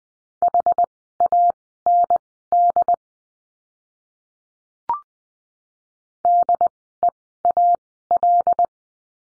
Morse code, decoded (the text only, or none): HAND DEAL